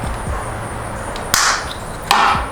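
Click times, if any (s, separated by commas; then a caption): 1.3 s, 2.1 s. The second USR LED license plate lamp on a BMW F30 is pushed down into its rear bumper cutout with the wire in place. Two sharp snaps are heard at 1.3 s and 2.1 s as it clips in. The lamp housing is seated.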